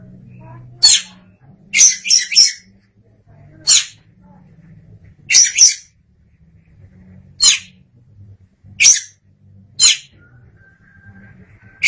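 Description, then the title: Oriental magpie-robin song: single sharp high notes and short clustered bursts at irregular intervals over a low background hum. Kacer song. "Suara Kicauan Burung Kacer"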